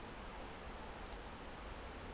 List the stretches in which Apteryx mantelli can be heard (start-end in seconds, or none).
none